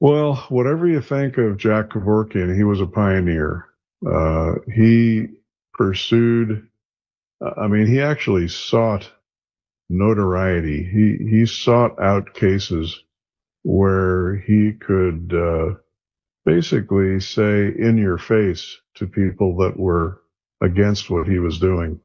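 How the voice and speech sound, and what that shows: A man speaks in a low, steady voice at a relaxed conversational pace, pausing between phrases and using a few fillers and drawn-out sounds while he thinks. His voice is clear and smooth, and his speech is fluent and typical, with no sign of a speech disorder.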